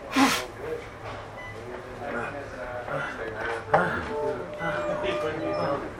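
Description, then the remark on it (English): A single sharp, explosive sneeze bursts out at the start, followed by heavy breathing and low murmuring voices for the rest of the moment. “I have to sneeze.”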